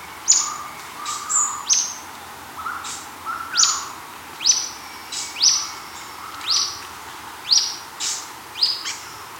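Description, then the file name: Bird giving quick rising, whistled call notes, nearly one a second. Fainter lower warbles sit between them over a quiet steady background. "SABIOD 50 bird 2015"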